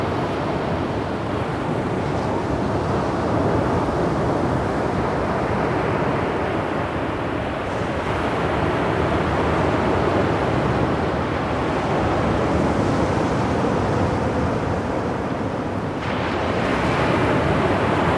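A dense, steady roar of ocean surf fills the whole clip, a full wash of sound weighted toward the low and middle range with a soft hiss on top. Brief swells come near eight seconds and again near sixteen seconds.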